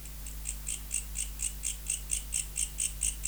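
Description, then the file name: Mecopoda katydid song, pulses quiet at first then growing louder, over a low steady hum. Recorded in November. "Mecopoda sp Nov"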